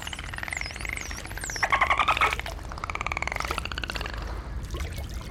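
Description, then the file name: Dolphin sounds: looping high whistles rising and falling, dense trains of clicks and buzzing pulsed bursts throughout, over a constant low underwater rumble. "Delfiny"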